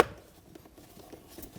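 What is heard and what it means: A plastic upper steering column trim cover is being handled and fitted onto the lower cover on a 2005-2015 Toyota Tacoma. Only faint handling taps and rubs are heard, with a small tap around 0.6 s. Nothing has seated or snapped together yet.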